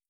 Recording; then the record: hydrophone in a shrimp aquaculture tank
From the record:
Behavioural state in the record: starved